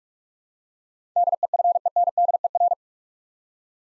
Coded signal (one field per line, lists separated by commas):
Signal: Morse code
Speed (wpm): 45 wpm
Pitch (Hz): 700 Hz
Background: none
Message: DEFENDER